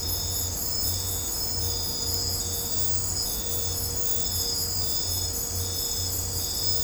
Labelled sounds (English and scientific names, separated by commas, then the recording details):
none
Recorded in dense forest near Puerto Asís, Putumayo, Colombia, on 26 December 2024 at 02:30
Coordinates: 0.503, -76.323
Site G043